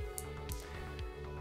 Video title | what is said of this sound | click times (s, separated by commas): How To Upgrade An Old IDE Laptop Hard Drive With a Micro SD Card (IDE SSD) | the card goes in like so I have a positive click | 0.2 s